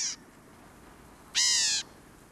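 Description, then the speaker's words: Black-capped Gnatcatcher call: a short, nasal, mewing note after a brief clipped note at the start, over a faint hiss. Narrow range from mesquite thickets of southeastern Arizona to dry tropical forests of Colima, western Mexico; population declining due to habitat loss. "Black-capped gnatcatchers live in a narrow range from the mesquite thickets of southeastern Arizona to the dry tropical forests of Colima in western Mexico."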